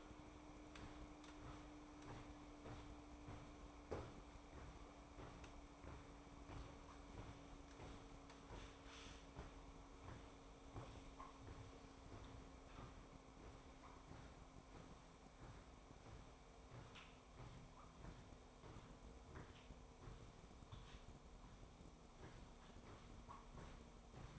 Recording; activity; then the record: daily activity, microphone in the room; walk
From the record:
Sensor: 1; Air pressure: 1005.6 hPa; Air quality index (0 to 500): 126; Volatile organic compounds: 5 ppm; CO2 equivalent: 1775 ppm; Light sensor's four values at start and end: 11/26/11/11 and 11/26/11/11